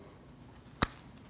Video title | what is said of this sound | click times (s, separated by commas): How to Replace Front Interior Door Handles 2013-2019 Ford Escape | To install our door lock switch, we just push from the outside in, wait for the click. | 0.8 s